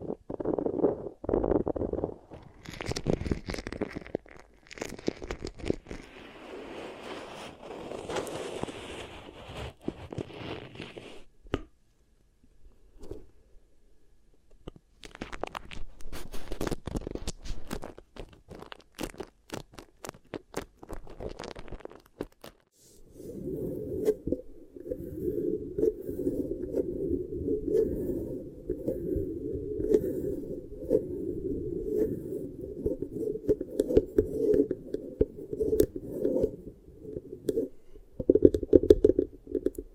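Beeswax ear triggers with sticky crackles and squishy rubbing, bursts of sharp clicks midway, then a steady dense low rumbling squish.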